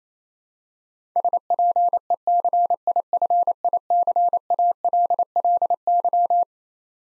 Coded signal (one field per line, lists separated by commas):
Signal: Morse code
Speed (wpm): 27 wpm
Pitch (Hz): 700 Hz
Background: none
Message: SPECIFICALLY